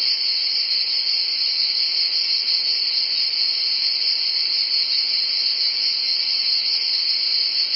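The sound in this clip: Cicadas sustain one continuous high buzz, flat in pitch and loudness, with a quieter lower buzzing layer and nothing else clearly heard.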